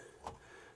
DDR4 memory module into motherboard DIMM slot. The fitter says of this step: sides push down and it will click into place